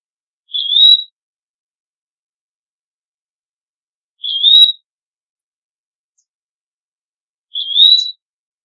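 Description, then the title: Eastern wood pewee giving three short, clear, high whistled notes that slur upward. The notes come about every three and a half seconds, with silence between them. "LuckyPassaro Completos2Sama. Eastern Wood Pewee (Contopus virens)"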